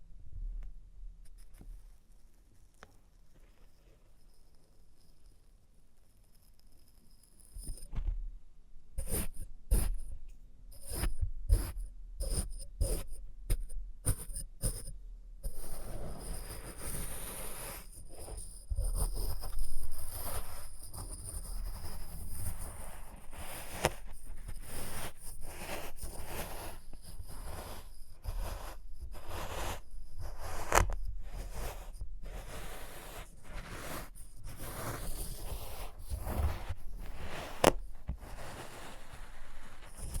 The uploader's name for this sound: Experimental Triggers in Test Tubes